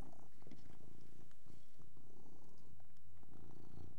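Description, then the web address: Persian cat purring, a low steady rumble with scattered soft chewing clicks. Persian cat purring while eating. "BBC Sound Effects Library. Persian Cat Eating And Purring"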